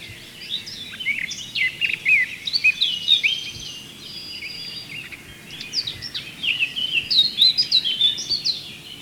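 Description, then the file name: Eurasian blackcap song: two bursts of fast, varied warbling, each swelling into louder, clearer notes, separated by a short quieter pause, over constant low hiss. "Sylvia atricapilla"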